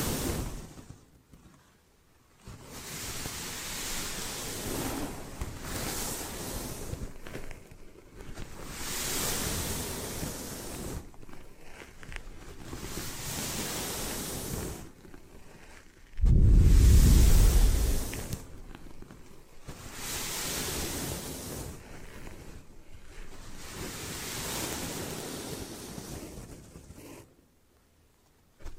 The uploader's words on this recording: ASMR Hypnotic Hair Washing, Brushing and Massage with Layered Sounds (No Talking).